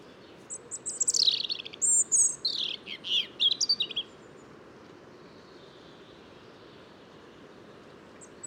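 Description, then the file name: European robin with a short bright phrase of high, tumbling whistles and trills lasting about three seconds, then quiet with faint chirps. "Erithacus rubecula"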